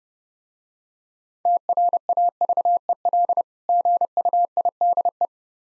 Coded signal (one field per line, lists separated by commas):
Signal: Morse code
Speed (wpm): 30 wpm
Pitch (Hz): 700 Hz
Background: none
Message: TRAVEL GUIDE